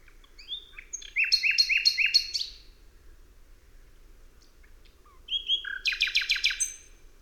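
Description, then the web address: Common nightingale singing: two loud phrases of rapid, repeated, rich whistled notes, separated by a pause with a few soft, scattered notes and a low background hum. "tydzien eko MEDIA slowik rdzawy"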